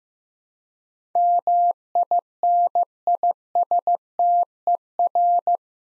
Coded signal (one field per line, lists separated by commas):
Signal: Morse code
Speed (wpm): 15 wpm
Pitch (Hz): 700 Hz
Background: none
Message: MINISTER